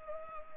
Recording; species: mosquito wingbeat signal from an infrared sensor; Anopheles gambiae